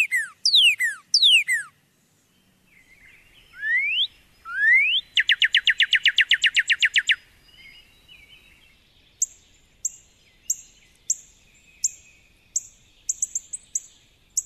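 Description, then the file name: Northern cardinal whistles: loud downslurred notes, then rising slurs and a fast even trill, followed by a series of sharp, high chip notes at irregular intervals. "Northern Cardinal (Wild America)"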